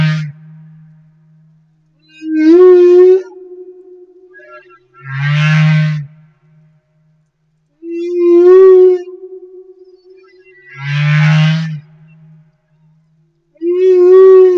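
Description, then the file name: Humpback whale song phrase: higher wavering cries trade off with low buzzy moans, the pair repeating about every six seconds. Recorded off Madagascar. "Humpback Whale - Madagascar Whale One"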